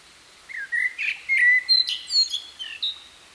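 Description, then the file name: Common blackbird song: a phrase of low, mellow whistled notes that rises into a scratchy, high twittering flourish. "Turdus merula"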